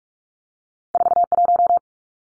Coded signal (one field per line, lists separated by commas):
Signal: Morse code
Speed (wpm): 44 wpm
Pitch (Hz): 700 Hz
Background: none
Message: 41